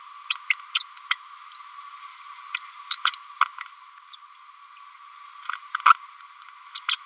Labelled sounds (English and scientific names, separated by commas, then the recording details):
Green-rumped Parrotlet (Forpus passerinus) babbling
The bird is a female
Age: 30 days
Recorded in a nest box in Venezuela
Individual 17B102A6